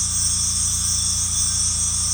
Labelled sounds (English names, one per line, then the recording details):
none
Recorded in secondary vegetation near Puerto Asís, Putumayo, Colombia, on 18 December 2024 at 18:30
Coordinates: 0.485, -76.322
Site GP08